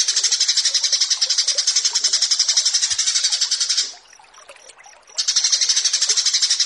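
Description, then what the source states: Horsfield's bush lark song, a fast, high, pulsing buzzy chatter that stops for about a second, then resumes just as rapidly. Bird-keeping song tutoring recording (masteran) of branjangan.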